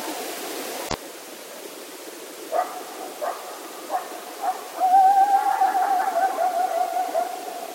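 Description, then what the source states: Coyote vocalising: a sharp click at first, then four short yips spaced evenly, followed by a long wavering howl. 16 October 2010.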